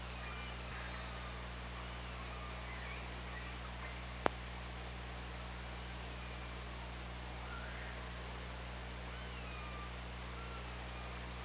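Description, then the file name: Killer whale calls, a few rising and falling tonal sweeps over steady underwater hiss with a low hum and one sharp click. Recorded by OrcaLab hydrophone on 24 August 2017 at 15:02. "Orca Lab UTLN JASON 20170824 150247"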